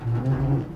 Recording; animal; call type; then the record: contact call of a hoofed animal; goat; low-frequency (closed-mouth) or high-frequency (open-mouth) call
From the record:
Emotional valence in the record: negative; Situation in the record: food frustration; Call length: 0.76 s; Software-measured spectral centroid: 1080 Hz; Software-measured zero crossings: 520 a second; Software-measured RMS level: -24 dBFS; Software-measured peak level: -12 dBFS